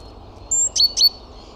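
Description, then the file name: Great tit call: a high thin whistled note followed by two quick sharp notes with level tails, over faint low background rumble. "Parus major"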